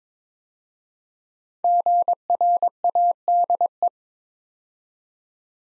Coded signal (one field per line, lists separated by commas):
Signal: Morse code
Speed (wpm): 22 wpm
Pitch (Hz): 700 Hz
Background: none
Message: GRADE